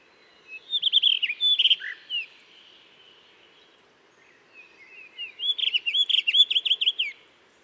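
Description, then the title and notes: Blue rock thrush song: two fluty, warbled phrases of rapid rising and falling notes, separated by a short pause. Singing to mark territory in a cliff at Dentelles de Montmirail, 12 March 2020, 7:25 am, changing perches through the morning; Nagra Seven recorder, Telinga Pro7. "12 mars 2020-7h25-Dentelles de Montmirail - Des le lever du jour un Monticole bleu (Monticola solitarius) se signale en alarmant dans la falaise, ensuite il se met à chanter pour marquer son territoire."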